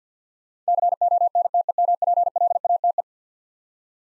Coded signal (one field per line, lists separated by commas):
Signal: Morse code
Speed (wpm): 50 wpm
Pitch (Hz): 700 Hz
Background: none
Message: CONTEMPLATE